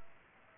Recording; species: mosquito wingbeat signal from an infrared sensor; Aedes aegypti